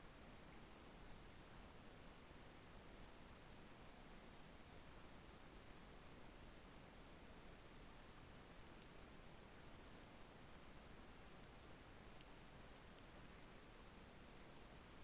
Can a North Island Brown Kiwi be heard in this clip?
no